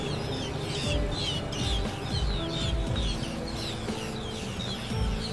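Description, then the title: Black-headed gulls calling as a flock, a steady overlapping chatter of short, harsh notes over a low rumbling background. Wetland at Futou Lake. "斧头湖随拍：红嘴鸥的歌舞洪波镜头中的湿地世界"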